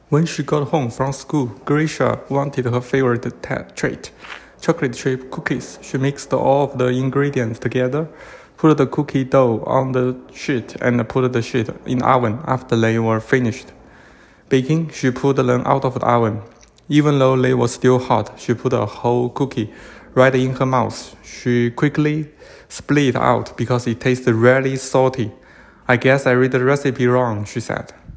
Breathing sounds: reading aloud after running; male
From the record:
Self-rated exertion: light exertion (2 of 6); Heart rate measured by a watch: 107 beats a minute at the start, 105 at the end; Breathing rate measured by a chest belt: 22 breaths a minute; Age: 37 years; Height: 174 cm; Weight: 76 kg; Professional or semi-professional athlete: no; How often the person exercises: over 5 times a week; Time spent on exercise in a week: over 5 hours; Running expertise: yes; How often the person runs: 3 to 5 times a week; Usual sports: running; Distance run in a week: 70 km

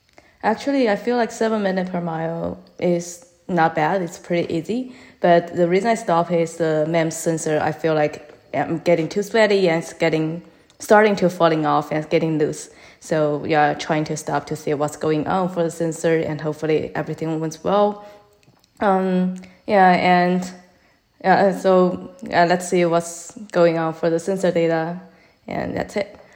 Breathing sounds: free speech after running; female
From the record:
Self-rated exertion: moderate exertion (3 of 6); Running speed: 7 miles an hour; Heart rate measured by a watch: 128 beats a minute at the start, 127 at the end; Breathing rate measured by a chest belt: 15 breaths a minute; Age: 28 years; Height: 155 cm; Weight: 44 kg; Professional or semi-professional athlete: no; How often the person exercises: 3 to 5 times a week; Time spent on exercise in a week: over 5 hours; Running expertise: yes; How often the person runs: 3 to 5 times a week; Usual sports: running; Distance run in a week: 45 km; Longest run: 32 km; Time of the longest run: 200 minutes

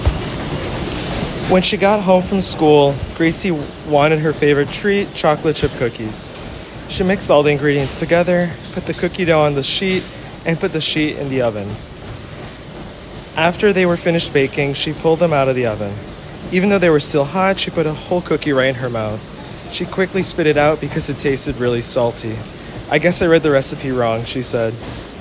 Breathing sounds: reading aloud after running; male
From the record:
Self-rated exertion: vigorous exertion (4 of 6); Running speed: 7 miles an hour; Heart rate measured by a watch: 130 beats a minute at the start, 125 at the end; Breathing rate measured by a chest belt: 18 breaths a minute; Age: 23 years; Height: 170 cm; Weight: 84 kg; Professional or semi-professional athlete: no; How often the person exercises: 3 to 5 times a week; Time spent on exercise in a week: 3 to 4 hours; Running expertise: no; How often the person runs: under once a week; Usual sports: weight training, volleyball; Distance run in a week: 1 km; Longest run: 10 km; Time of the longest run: 67 minutes

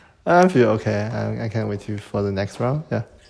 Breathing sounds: free speech after running; male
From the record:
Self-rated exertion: very light exertion (1 of 6); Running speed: 6 miles an hour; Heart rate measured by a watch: 80 beats a minute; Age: 23 years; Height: 172 cm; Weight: 73 kg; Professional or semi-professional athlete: no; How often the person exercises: 3 to 5 times a week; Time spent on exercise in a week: over 5 hours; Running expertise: yes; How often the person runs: 3 to 5 times a week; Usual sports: running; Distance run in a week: 40 km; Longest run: 20 km

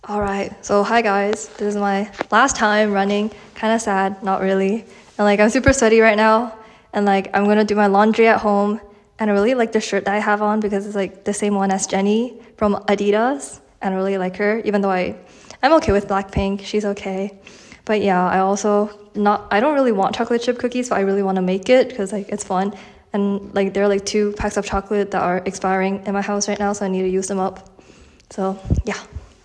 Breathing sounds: free speech after running; female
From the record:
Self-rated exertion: light exertion (2 of 6); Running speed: 5 miles an hour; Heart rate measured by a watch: 75 beats a minute at the start, 84 at the end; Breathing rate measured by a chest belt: 20 breaths a minute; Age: 18 years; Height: 167 cm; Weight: 50 kg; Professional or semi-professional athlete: no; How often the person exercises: 1 to 2 times a week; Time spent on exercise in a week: 1 to 2 hours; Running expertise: no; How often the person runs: 1 to 2 times a week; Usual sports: running, walking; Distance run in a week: 1 to 2 km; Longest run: 6 km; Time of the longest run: 34 minutes

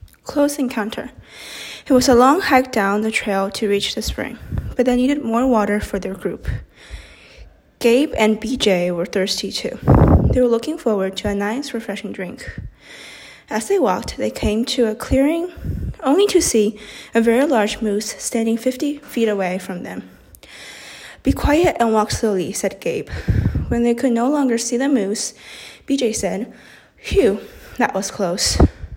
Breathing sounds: reading aloud after running; female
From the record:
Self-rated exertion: moderate exertion (3 of 6); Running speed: 5 miles an hour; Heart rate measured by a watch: 119 beats a minute at the start, 144 at the end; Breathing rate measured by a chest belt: 17 breaths a minute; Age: 18 years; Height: 171 cm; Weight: 75 kg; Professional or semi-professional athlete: no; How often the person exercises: 1 to 2 times a week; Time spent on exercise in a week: under 1 hour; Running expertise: no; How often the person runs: 1 to 2 times a week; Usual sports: running, fencing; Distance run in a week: 3 km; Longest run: 21.3 km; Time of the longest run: 190 minutes

